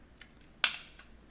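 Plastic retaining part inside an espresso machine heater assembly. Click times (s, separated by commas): 0.6 s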